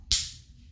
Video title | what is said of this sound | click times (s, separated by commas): Unboxing my New Action Came🥰 -- DJI OSMO ACTION 4 -- Unboxing Camera -- #djiosmoaction4 #dji | click हो गया। | 0.1 s